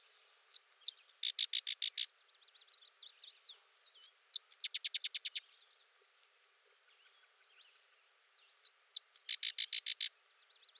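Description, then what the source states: Sedge wren singing: separate sharp high notes leading into a rapid staccato chatter, given three times, with softer warbling notes in the gaps. Singing close.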